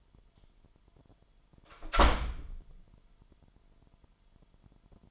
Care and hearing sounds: daily activity, microphone in the room; close door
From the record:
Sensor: 5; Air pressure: 998.4 hPa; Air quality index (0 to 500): 83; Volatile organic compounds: 1 ppm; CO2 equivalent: 944 ppm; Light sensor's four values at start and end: 30/73/30/33 and 30/73/30/33

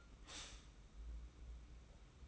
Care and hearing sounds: daily activity, microphone in the room; stop toaster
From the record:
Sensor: 1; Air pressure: 991.6 hPa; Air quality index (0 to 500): 171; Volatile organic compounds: 1000 ppm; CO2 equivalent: 6463 ppm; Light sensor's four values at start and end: 33/109/42/44 and 33/109/42/44

